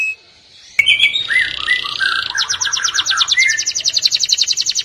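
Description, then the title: Canary song starting after a brief quiet, with sweet warbled notes, a harsh buzzy phrase, then a long fast trill of repeated clicking notes. "Kenari"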